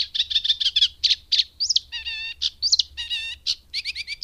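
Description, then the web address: Eurasian reed warbler song, a varied series of grating notes mixed with clearer whistled phrases, some repeated a few times. "agykontroll Madardalok Cd 3. Cserregő nádiposzáta"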